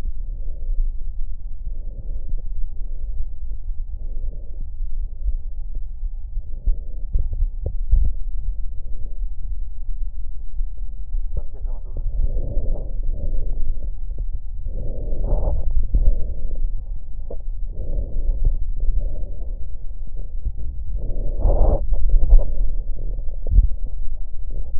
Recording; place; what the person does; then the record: lung sounds by stethoscope; left posterior apical chest; quiet breathing, then deep breathing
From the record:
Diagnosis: COPD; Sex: female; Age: 68 years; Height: 150 cm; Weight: 70 kg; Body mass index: 31.1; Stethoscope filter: extended mode